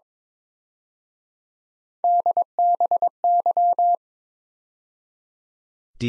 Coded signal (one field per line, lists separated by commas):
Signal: Morse code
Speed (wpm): 26 wpm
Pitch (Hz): 700 Hz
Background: none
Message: DBY